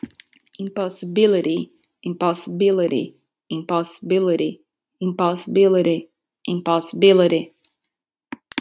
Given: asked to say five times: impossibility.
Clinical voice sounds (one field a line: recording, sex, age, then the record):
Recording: repeated word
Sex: female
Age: 30 to 39 years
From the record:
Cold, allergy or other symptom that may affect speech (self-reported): no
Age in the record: 37 years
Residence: Florida, United States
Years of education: 16